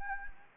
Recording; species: mosquito wingbeat signal from an infrared sensor; Anopheles gambiae